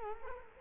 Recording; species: mosquito wingbeat signal from an infrared sensor; Culex quinquefasciatus